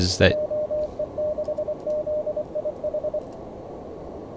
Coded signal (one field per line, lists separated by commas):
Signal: Morse code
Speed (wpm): 24 wpm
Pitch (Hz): 610 Hz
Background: speech, radio noise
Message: JE6ZIH